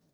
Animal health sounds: pig call; piglet (1 to 25 days)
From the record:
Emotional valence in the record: positive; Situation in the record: short reunion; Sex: male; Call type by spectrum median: low-frequency call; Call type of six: low-frequency stable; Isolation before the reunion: 3 minutes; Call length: 0.13 s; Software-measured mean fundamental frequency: 54 Hz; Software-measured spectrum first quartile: 242 Hz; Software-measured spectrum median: 1010 Hz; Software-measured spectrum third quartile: 9032 Hz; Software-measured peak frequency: 165 Hz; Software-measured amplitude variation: 70 dB a second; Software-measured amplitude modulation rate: 11.3 a second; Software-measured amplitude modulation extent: 6.2 dB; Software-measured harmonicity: 9.5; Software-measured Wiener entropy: -2.83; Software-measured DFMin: 1343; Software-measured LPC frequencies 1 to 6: 1576, 2869, 3907, 4575, 5526, 6487 Hz

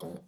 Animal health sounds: pig call; piglet (1 to 25 days)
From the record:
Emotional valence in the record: negative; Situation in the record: short isolation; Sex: female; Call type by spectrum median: low-frequency call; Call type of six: low-frequency stable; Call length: 0.28 s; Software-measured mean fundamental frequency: 54 Hz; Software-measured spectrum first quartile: 264 Hz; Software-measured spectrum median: 480 Hz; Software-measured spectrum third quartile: 1084 Hz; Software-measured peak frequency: 183 Hz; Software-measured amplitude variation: 138 dB a second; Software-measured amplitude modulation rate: 16.2 a second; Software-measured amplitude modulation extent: 8.5 dB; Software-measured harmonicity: 0.8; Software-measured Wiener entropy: -1.01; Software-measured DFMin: 1649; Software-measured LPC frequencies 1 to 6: 462, 3299, 4291, 5362, 6377, 7483 Hz

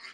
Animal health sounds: pig call; piglet (1 to 25 days)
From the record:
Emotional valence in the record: positive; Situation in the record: reunion after long isolation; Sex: female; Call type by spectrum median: high-frequency call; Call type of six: low-frequency tonal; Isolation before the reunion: 8 minutes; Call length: 0.14 s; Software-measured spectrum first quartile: 1884 Hz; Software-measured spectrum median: 2678 Hz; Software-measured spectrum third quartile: 4492 Hz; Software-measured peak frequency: 2080 Hz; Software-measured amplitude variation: 103 dB a second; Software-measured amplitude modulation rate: 10.8 a second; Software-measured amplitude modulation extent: 9.6 dB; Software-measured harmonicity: 0.3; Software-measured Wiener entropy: -1.49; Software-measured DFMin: 875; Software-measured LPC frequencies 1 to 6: 1245, 2103, 2974, 4583, 6938, 8606 Hz

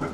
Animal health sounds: pig call; growing-finishing pig (85 days or more)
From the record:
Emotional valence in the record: positive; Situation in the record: run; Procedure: transit

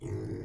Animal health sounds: pig call; weaner (32 to 43 days)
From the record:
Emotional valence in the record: negative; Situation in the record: negative conditioning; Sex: female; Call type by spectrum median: low-frequency call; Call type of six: low-frequency stable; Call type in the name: low-frequency stable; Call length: 0.45 s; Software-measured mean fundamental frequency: 56 Hz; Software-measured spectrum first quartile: 109 Hz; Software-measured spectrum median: 235 Hz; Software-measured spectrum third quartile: 405 Hz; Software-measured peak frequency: 337 Hz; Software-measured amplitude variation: 113 dB a second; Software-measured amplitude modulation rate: 32.3 a second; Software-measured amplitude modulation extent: 3.5 dB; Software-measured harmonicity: -1.8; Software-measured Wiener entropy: 0.04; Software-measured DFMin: 908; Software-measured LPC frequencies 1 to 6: 355, 1998, 3271, 5112, 6708, 7751 Hz

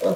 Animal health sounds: pig call; piglet (1 to 25 days)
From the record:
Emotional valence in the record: positive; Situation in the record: huddling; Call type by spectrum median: low-frequency call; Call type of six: low-frequency stable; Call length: 0.17 s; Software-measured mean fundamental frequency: 52 Hz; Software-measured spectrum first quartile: 378 Hz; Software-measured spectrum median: 526 Hz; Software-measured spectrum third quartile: 688 Hz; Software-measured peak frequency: 512 Hz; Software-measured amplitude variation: 117 dB a second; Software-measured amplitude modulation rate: 21.2 a second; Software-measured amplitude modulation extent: 5.5 dB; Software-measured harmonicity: 5.3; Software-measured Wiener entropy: -1.17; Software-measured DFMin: 1096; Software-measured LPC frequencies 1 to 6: 547, 2161, 3786, 5121, 6318, 7358 Hz

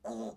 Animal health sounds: pig call; piglet (1 to 25 days)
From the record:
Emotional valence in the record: negative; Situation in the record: restrain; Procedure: back test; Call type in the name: low-frequency call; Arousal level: low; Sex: male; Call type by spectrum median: low-frequency call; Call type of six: low-frequency stable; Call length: 0.37 s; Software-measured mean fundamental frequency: 55 Hz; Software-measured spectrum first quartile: 263 Hz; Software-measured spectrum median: 474 Hz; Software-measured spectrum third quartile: 754 Hz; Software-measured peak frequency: 618 Hz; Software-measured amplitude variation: 154 dB a second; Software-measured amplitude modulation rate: 14.9 a second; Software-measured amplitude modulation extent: 10.4 dB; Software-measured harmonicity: 2.4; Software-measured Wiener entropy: -0.27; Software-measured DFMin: 1437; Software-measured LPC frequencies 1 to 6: 611, 3877, 4844, 5949, 6693, 7824 Hz

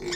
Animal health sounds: pig call; weaner (32 to 43 days)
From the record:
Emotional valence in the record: negative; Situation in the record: long isolation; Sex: female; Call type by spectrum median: low-frequency call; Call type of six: high-frequency modulated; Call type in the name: high-frequency modulated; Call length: 0.16 s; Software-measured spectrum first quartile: 380 Hz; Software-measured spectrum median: 1747 Hz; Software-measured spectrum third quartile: 4314 Hz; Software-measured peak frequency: 367 Hz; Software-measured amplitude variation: 93 dB a second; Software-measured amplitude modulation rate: 15.4 a second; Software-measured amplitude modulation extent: 6.1 dB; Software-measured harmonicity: 5.3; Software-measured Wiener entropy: -2.92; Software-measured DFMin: 592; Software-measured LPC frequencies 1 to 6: 386, 1932, 3501, 4784, 5333, 7098 Hz

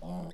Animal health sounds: pig call; piglet (1 to 25 days)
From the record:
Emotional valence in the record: negative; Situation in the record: surprise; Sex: female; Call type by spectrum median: low-frequency call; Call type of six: mixed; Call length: 0.34 s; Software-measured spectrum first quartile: 146 Hz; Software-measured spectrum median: 257 Hz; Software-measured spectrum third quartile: 692 Hz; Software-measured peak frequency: 182 Hz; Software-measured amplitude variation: 73 dB a second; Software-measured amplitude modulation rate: 22.0 a second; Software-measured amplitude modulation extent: 3.3 dB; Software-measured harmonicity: 4.5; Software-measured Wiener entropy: -0.55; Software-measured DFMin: 759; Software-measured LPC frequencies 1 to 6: 690, 1960, 3545, 4893, 6527, 7804 Hz

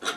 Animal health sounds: pig call; piglet (1 to 25 days)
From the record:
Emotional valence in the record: negative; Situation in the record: missed nursing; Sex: male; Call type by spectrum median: low-frequency call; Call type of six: low-frequency modulated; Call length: 0.17 s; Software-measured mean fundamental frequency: 96 Hz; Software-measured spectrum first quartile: 1149 Hz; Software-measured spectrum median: 2186 Hz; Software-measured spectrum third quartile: 4309 Hz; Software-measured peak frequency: 1406 Hz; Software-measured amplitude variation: 151 dB a second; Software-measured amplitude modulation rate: 2.9 a second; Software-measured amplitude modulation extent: 51.3 dB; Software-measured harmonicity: -1.5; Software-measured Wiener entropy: -1.18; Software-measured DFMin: 1002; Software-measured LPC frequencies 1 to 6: 593, 1386, 3373, 3836, 4693, 5832 Hz

